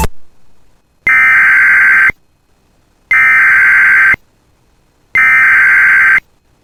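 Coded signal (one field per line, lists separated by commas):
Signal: Emergency Alert System (SAME) tones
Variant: header bursts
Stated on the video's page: Flood watch incorrectly toned as a flash flood watch.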